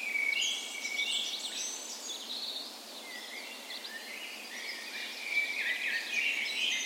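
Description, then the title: Birds chorusing in the morning, many high-pitched twitters and a sustained whistled note, overlapping songs pulsing in and out. Spring dawn chorus on the morning of 17 May, Norway's National Day, in a park west in Bergen, Norway; Sony PCM A10 recorder with LOM micro Usi microphones as tree ears. "17th Of May Dawn Chorus"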